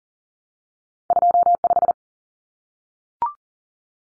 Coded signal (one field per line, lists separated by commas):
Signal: Morse code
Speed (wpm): 40 wpm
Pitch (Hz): 700 Hz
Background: none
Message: 25